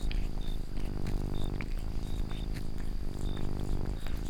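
Domestic cat giving a low, vibrating purr that pulses with its breathing, accompanied by occasional soft, short high-pitched chirps.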